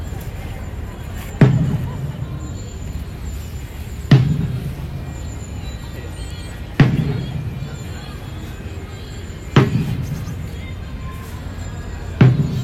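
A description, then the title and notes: A single bass drum booms slowly and evenly, about every three seconds, over a low outdoor crowd murmur and faint traffic. On Saturday 12 November 2022 in Edinburgh, a coalition of climate groups marched through the city to demand Climate Justice. This recording was from St Andrew Square and is of a demonstration by Red Rebels, a single bass drum is played throughout.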